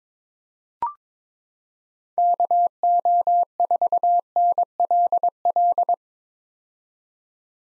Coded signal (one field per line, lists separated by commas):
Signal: Morse code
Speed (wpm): 22 wpm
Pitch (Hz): 700 Hz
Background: none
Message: KO4NLL